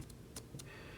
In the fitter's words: much like about like that far but he won't clip all the way into place with Scorponok inside him